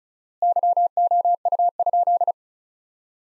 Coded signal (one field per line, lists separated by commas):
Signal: Morse code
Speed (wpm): 34 wpm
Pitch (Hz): 700 Hz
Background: none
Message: YOU?